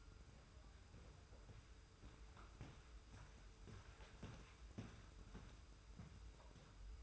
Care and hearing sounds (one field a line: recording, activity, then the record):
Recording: daily activity, microphone in the room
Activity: walk to room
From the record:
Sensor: 2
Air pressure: 991.0 hPa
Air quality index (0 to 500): 112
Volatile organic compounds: 54 ppm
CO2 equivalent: 3346 ppm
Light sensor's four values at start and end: 34/101/40/38 and 34/100/39/38